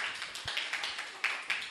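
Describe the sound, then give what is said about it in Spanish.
A group of children clapping in a quick, uneven patter of overlapping claps, moderately loud, with a few sharper accented claps standing out through the short burst. “Un aplauso.”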